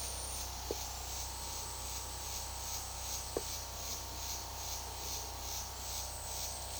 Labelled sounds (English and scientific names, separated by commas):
none